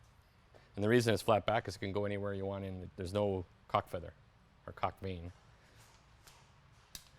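A flat-backed crossbow bolt with no nock, cock feather or cock vane is shoved back along the crossbow rail while someone talks. A short sharp click at 6.9 s marks the bolt seating against the string.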